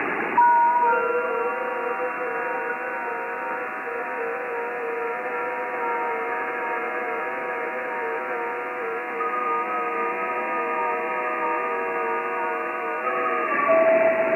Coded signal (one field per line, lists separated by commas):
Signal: FT8